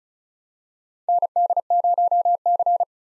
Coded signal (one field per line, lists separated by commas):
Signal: Morse code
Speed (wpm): 36 wpm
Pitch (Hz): 700 Hz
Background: none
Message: ND0C